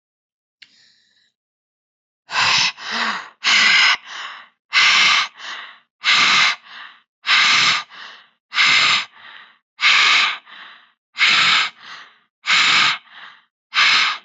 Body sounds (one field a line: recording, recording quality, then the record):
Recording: shallow breathing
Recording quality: excellent, no background noise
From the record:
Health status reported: healthy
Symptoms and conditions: none ticked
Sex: female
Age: 52 years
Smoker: not ticked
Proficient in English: yes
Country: India